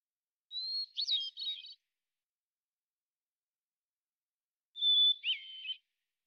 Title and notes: Hermit Thrush, Catharus guttatus, individual performance, song sequence with an end block of example 8 basic phonemes and variants, isolated from original, natural pace and rhythm maintained Recorded in the beautiful Pacific Northwest, Washington, United States